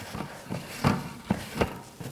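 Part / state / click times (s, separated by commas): lid on bear-resistant food canister / seated / 1.3 s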